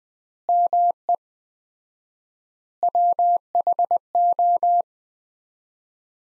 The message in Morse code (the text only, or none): ME WHO